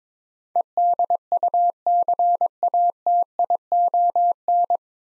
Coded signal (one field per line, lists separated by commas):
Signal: Morse code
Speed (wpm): 22 wpm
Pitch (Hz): 700 Hz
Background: none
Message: EDUCATION